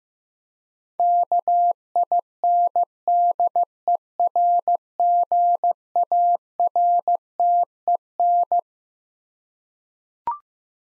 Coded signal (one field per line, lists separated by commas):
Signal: Morse code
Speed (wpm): 15 wpm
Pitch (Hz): 700 Hz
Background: none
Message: KINDERGARTEN